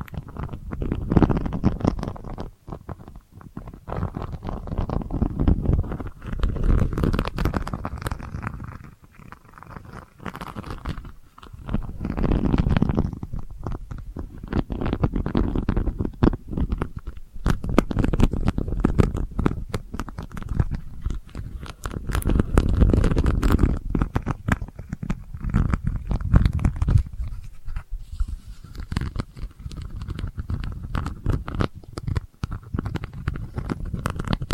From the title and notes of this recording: ASMR Delicate Scratching for Sleep (No Talking).